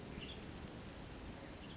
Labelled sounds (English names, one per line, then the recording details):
Western Tanager
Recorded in Sonoma County, California